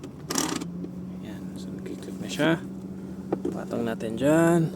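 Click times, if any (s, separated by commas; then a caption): 0.3 s, 0.4 s. An aftermarket armrest for a Mirage G4 is slid into its mount on the car's center console, and its stopper lock clicks as it seats, with sharp clicks at about 0.3 s and 0.4 s. Someone talks over a steady low hum while a few more light knocks and taps follow. The armrest is seated and held in place.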